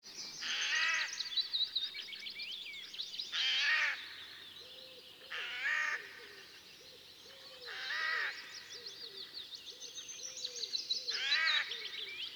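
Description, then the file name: Eurasian jay uttering five coarse, grating screeches spaced a few seconds apart, with faint high chirps of other birds throughout. "Garrulus glandarius"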